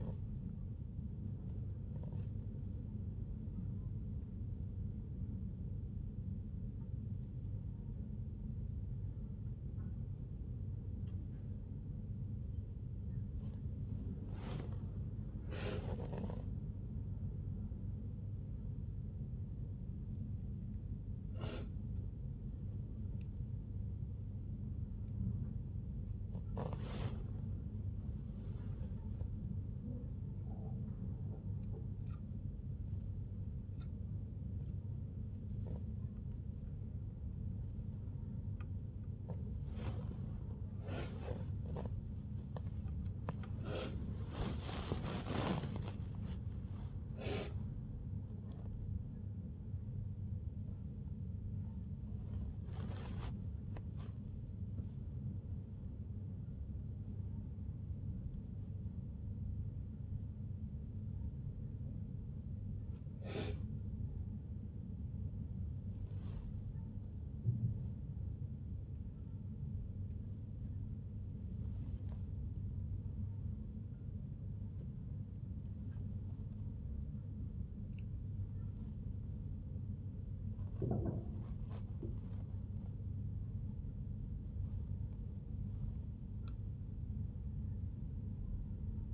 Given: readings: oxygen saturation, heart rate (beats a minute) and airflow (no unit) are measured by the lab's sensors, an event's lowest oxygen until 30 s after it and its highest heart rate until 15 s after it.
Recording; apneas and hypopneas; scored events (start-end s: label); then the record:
a person awake in a sleep study, by a smartphone at the bedside; none
0.00-89.14 s: awake
From the record:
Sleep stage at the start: awake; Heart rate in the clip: 83 to 105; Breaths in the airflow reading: 29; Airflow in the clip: -0.9 to 1.2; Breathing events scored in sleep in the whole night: 51 in 8.9 hours asleep